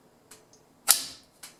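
A ceiling fan blade is pushed further into its snap-in mount on the motor hub, with faint ticks near 0.3 s and 0.5 s. A sharp, bright click at 0.9 s is the second click that locks it fully seated, then a softer tick follows at 1.4 s.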